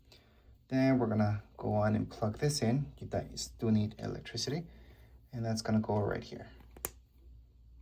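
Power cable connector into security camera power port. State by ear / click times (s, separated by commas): seated / 6.9 s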